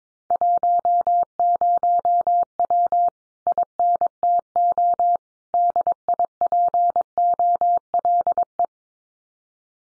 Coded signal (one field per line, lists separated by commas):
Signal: Morse code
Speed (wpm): 22 wpm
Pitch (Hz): 700 Hz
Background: none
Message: 10W INTO DIPOLE